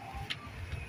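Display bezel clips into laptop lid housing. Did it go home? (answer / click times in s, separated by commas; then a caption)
no / none. The display bezel of an HP Notebook 14q is pressed along its edge into the laptop lid housing so its plastic internal lock clips can engage. Faint handling noise and a low rumble are heard, with a brief light tick near 0.3 s and a softer one near 0.7 s. Nothing has seated or clicked yet.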